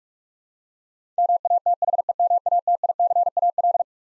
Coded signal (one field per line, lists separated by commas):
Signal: Morse code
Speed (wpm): 42 wpm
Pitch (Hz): 700 Hz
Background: none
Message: MATHEMATICAL